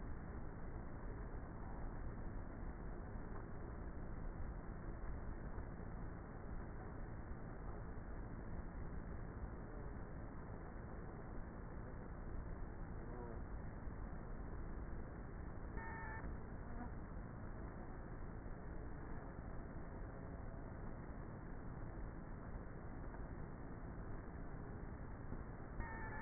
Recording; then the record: honeybee colony, microphone inside the hive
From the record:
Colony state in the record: queenless with a low population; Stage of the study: before two queens were removed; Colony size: about 30,000 bees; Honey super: no